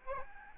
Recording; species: mosquito wingbeat signal from an infrared sensor; Aedes albopictus